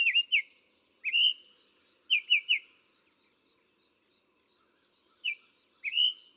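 Summer tanager sings quick clusters of whistled, slightly hoarse notes, with a soft high hiss in the pause.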